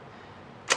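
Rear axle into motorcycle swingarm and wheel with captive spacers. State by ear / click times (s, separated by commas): seated / 0.7 s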